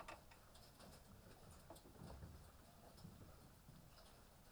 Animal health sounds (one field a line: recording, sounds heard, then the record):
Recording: poultry house recording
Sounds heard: healthy chickens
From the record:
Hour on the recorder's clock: 18